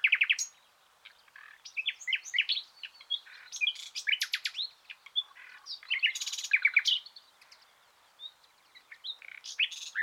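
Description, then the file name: Common nightingale song of varied phrases: whistled notes, rapid stuttering series and harsh buzzy bursts, broken by short pauses. "Luscinia megarhynchos"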